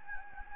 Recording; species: mosquito wingbeat signal from an infrared sensor; Anopheles gambiae